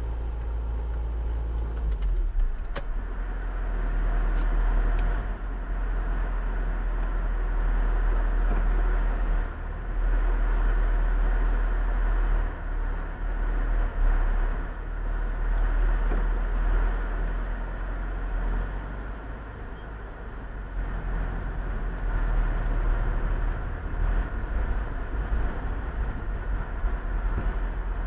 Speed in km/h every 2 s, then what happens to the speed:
0, 0, 0, 0, 0, 0, 0, 0, 0, 0, 0, 0, 0, 3.
0-26 standing.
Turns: none.